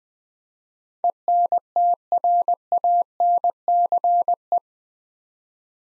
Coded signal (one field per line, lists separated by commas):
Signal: Morse code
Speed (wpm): 20 wpm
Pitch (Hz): 700 Hz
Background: none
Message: ENTRANCE